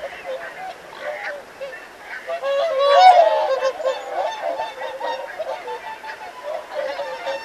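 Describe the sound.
Whooper swans honking together, a steady chorus of bugling notes swelling louder around the middle.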